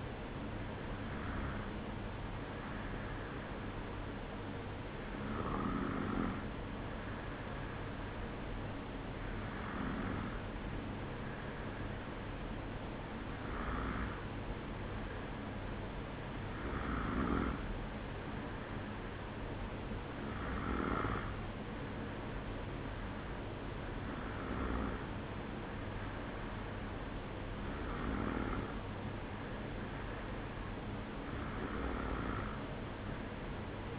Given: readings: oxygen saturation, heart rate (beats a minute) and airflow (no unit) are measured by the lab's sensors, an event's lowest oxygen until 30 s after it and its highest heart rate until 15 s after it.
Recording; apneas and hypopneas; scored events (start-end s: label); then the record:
breathing in sleep by a voice recorder at the bedside; none
none scored
From the record:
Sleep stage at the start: N1 (lightest sleep); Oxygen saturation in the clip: 93 to 95%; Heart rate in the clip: 54 to 56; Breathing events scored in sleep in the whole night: 305 in 9.6 hours asleep